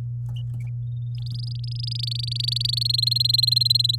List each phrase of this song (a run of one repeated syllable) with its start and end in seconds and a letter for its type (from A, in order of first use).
1.15-2.83 A, 2.85-3.96 B